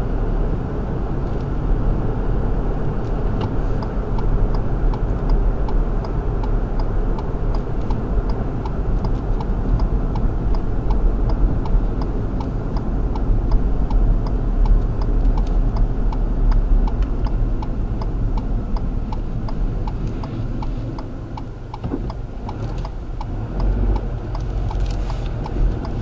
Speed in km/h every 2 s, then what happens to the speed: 47, 50, 50, 47, 44, 42, 37, 35, 31, 21, 0, 6, 15.
4-19 slows to 0. 19-21 standing. 21-26 pulls away to 15.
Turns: none.